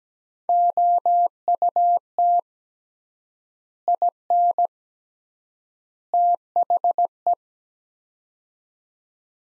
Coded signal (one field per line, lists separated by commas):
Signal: Morse code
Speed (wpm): 17 wpm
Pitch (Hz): 700 Hz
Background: none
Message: OUT IN THE